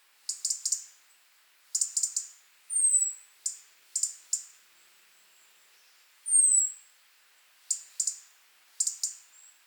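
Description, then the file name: European robin repeating short runs of sharp ticking clicks, interrupted twice by a thin, high whistle falling in pitch. "Erithacus rubecula"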